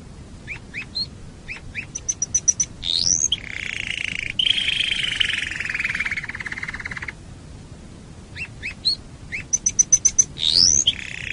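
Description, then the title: Canary song: a few rising chirps and quick high ticking notes, then a long buzzy rolling trill lasting about four seconds before the chirps and ticks return. "Kenari"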